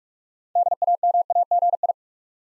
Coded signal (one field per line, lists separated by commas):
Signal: Morse code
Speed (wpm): 44 wpm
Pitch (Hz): 700 Hz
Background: none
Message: DAMAGI